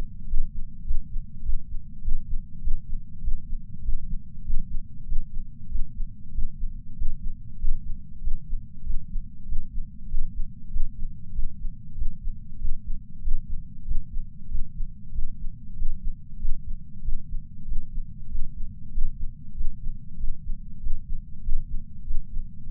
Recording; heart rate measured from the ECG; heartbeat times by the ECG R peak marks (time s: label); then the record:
heart sounds by patch sensor on the chest; 96 bpm
0.27 s: heartbeat
0.84 s: heartbeat
1.42 s: heartbeat
2.01 s: heartbeat
2.61 s: heartbeat
3.21 s: heartbeat
3.82 s: heartbeat
4.43 s: heartbeat
5.05 s: heartbeat
5.68 s: heartbeat
6.31 s: heartbeat
6.95 s: heartbeat
7.58 s: heartbeat
8.20 s: heartbeat
8.83 s: heartbeat
9.45 s: heartbeat
10.07 s: heartbeat
10.69 s: heartbeat
11.32 s: heartbeat
11.95 s: heartbeat
12.58 s: heartbeat
13.21 s: heartbeat
13.84 s: heartbeat
14.48 s: heartbeat
15.12 s: heartbeat
15.75 s: heartbeat
16.38 s: heartbeat
17.02 s: heartbeat
17.65 s: heartbeat
18.28 s: heartbeat
18.91 s: heartbeat
19.54 s: heartbeat
20.17 s: heartbeat
20.79 s: heartbeat
21.42 s: heartbeat
22.04 s: heartbeat
22.66 s: heartbeat
From the record:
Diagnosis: coronary artery disease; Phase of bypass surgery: preoperative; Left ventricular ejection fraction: 69.2%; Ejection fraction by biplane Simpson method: 67.6%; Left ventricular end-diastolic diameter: 44 mm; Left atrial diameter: 34 mm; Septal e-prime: 8.5 cm/s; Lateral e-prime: 9.7 cm/s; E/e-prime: 11.5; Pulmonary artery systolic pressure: 27 mmHg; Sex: male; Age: 74 years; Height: 168 cm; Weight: 55 kg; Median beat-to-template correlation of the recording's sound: 0.94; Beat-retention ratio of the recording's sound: 0.99